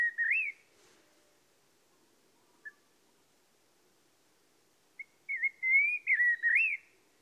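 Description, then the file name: Common blackbird song: a mellow rising and falling whistled phrase, a lone faint note, then a longer warbled whistle run with looping upward swoops. "Turdus merula"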